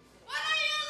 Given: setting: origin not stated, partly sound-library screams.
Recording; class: one-second piece from a danger detection set; woman in danger